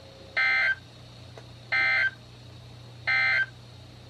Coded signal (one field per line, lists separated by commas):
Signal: Emergency Alert System (SAME) tones